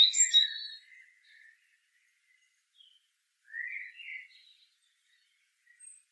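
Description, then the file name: European robin giving a short high warbled phrase, then mostly quiet with a brief rising twitter partway through and a faint high note at the end. "Erithacus rubecula"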